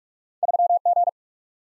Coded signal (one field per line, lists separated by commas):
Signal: Morse code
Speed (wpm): 45 wpm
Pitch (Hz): 700 Hz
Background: none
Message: 3G